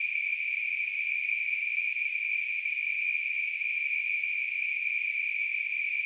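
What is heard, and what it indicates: Simulated tinnitus: a steady, high-pitched band of hissing noise centred around 2.5 kHz. It stays constant throughout, with no low-frequency sound.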